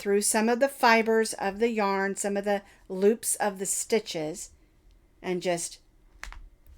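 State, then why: Seated. A plastic backing washer is pushed onto the post of a safety eye through the bulky crocheted yarn of a stuffed ghost while someone talks. After a pause, the washer snaps into place with a sharp click at 6.2 s, seating the eye so the pair of safety eyes is now in place.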